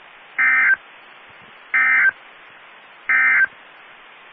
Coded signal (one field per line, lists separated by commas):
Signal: Emergency Alert System (SAME) tones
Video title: EAS 1804-1808 (5/10/22)